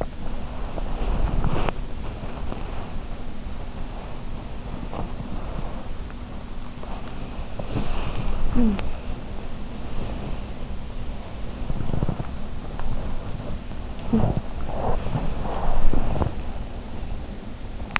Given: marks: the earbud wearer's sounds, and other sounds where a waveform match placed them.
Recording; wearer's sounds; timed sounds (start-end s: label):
sounds in sleep by an in-ear microphone; body movement
0.00-18.00 s: body movement
8.40-9.07 s: sound from someone else or the room